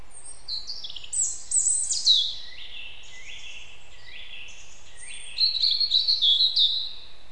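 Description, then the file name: European robin singing, high silvery trills and sliding notes, ending in a rapid twittering run, over low background noise. "Erithacus rubecula"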